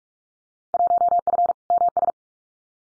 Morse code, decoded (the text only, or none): 1F MS